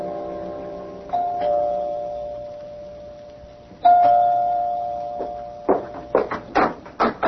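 A doorbell chimes twice at an apartment door, each ringing tone lingering and slowly fading, followed by a quick burst of sharp, uneven knocks at the end.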